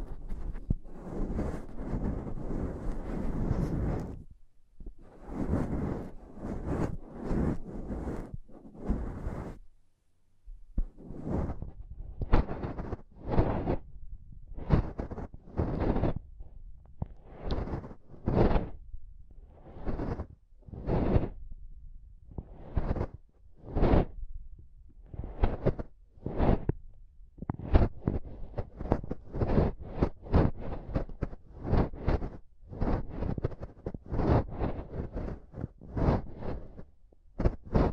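Intense tapping and scratching on a microphone, with dense rough scraping for the first four seconds, then a gap of near silence. From about ten seconds on comes a fast, irregular run of sharp bursts, heavy and low with bright edges, growing busier toward the end.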